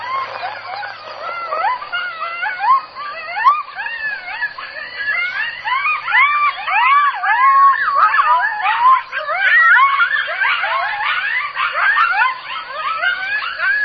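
Coyote pack yipping in a frantic chorus, many short rising yips and quavering cries overlapping continuously, growing louder and denser through the middle.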